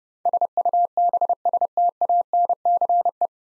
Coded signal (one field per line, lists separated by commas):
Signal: Morse code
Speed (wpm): 29 wpm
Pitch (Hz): 700 Hz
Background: none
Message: SUBSTANCE